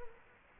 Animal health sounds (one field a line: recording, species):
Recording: mosquito wingbeat signal from an infrared sensor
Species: Culex quinquefasciatus